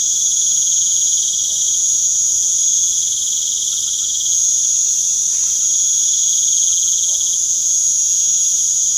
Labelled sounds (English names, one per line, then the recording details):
none
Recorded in pastures near Puerto Asís, Putumayo, Colombia, on 29 June 2025 at 19:30
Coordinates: 0.497, -76.327
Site G040